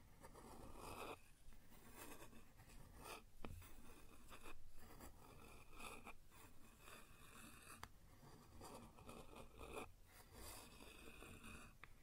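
Scratching and scraping on a wooden surface, with rasping strokes that come in uneven bursts and short pauses. Sharp taps cut through now and then, near 3.5 and 8 seconds. A low rumble runs steadily underneath throughout.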